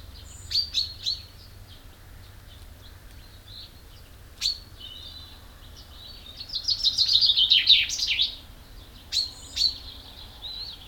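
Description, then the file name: Common chaffinch song: one loud, rattling, descending phrase midway, among scattered short high chirps and a sharp click. "Fringilla coelebs"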